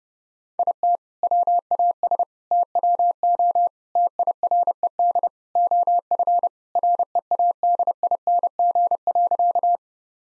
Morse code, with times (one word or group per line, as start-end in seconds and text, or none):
0.6-1.0 IT
1.2-2.2 WAS
2.5-3.7 TWO
4.0-5.3 TIRED
5.6-6.5 OF
6.8-9.8 READING.